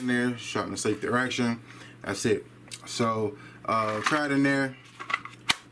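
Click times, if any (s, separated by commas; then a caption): 5.5 s. A Glock 44 compact pistol is pushed into a molded inside-the-waistband holster while someone talks. After a few small taps, a sharp retention click sounds at 5.5 s, showing the gun is seated in the holster.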